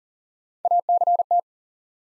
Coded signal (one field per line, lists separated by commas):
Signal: Morse code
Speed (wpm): 40 wpm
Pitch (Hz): 700 Hz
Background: none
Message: ACT